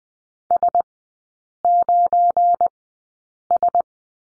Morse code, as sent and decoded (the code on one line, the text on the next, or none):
... ----. ...
S9S